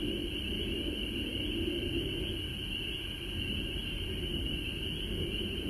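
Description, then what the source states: Frog chorus: a constant shrill wall of calling over a heavy low rumbling background. Frogs recorded at home in Georgia on March 19, 2020.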